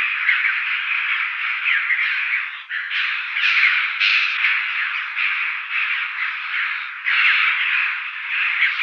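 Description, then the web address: Choughs: continuous harsh, grating calls with no real gaps throughout. "Schulze Peter Chough calls"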